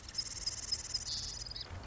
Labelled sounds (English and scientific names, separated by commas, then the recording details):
Marsh Wren (Cistothorus palustris)
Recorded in Sonoma County, California